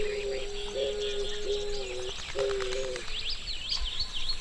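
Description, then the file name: Eared dove cooing: low, steady hollow notes in two drawn-out phrases over about three seconds, while other small birds chirp and twitter in the background. "POMBINHA DE BANDO canto"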